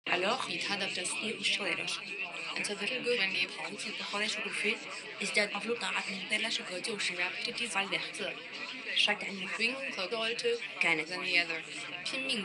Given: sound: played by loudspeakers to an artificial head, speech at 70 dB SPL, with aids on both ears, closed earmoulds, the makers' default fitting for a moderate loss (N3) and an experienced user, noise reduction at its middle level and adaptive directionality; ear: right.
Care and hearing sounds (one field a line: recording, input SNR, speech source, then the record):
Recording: speech test signal (ISTS) in cocktail-party noise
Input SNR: +3 dB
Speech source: in front (0 degrees)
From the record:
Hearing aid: class 2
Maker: I